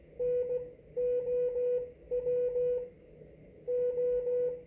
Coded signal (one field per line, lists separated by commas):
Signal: Morse code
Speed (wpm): 17 wpm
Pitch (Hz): 490 Hz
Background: none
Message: NOW O